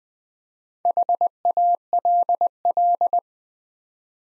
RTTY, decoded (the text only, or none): none